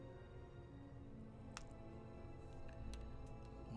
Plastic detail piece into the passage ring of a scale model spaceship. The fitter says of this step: once that snaps in place you're good to go